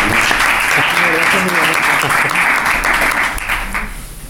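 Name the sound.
audience applause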